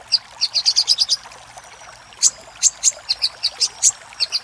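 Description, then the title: Little spiderhunter song: a quick run of high chips, a pause, then several spaced single sharp notes repeated about every quarter second. Master recording for training cage birds. "Masteran Burung Sogok Ontong Labaik"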